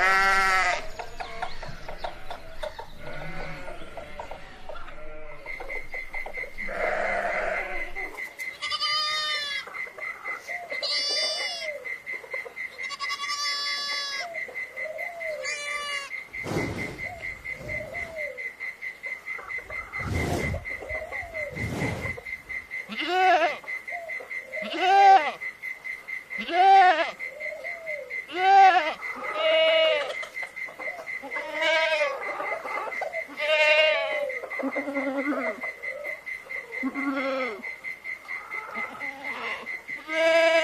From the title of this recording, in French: A la ferme avec ses animaux